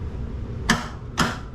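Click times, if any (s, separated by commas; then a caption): 0.7 s, 1.2 s. On a 1997 Mercedes S500 W140, the metal hood hinge pin on the driver's side is pulled toward the center of the engine compartment to take the hood out of its maintenance position. Two sharp clicks ring out at 0.7 s and 1.2 s as the pin seats into the hinge detent. The pin is seated.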